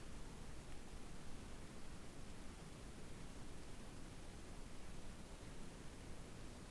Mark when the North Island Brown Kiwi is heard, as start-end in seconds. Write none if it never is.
none